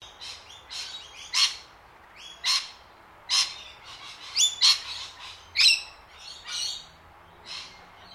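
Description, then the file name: Lorikeets giving shrill, harsh screeching calls in many short, irregularly spaced bursts, over a faint steady background hiss. More than one lorikeet calling. "BIRD LORIKEETS CALL"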